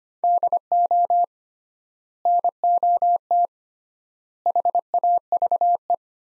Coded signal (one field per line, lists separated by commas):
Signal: Morse code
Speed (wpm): 25 wpm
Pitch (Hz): 700 Hz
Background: none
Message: DO NOT HAVE